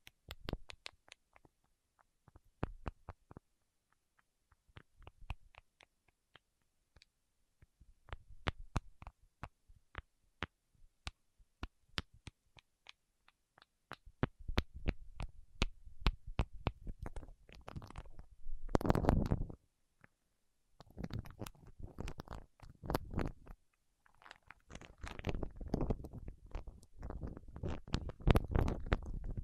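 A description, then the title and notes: Fingertips work against wax, making sharp sticky clicks and pops. They come sparsely at first, then from about 14 seconds turn into dense crackling runs with a soft low rumble underneath, peaking in a loud burst near 19 seconds and again toward the end. ASMR with Wax Fingertips for Sleep (No Talking).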